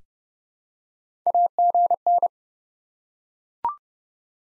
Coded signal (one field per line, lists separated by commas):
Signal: Morse code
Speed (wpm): 30 wpm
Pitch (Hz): 700 Hz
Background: none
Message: AGN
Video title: Top 20 QSO Elements 30wpm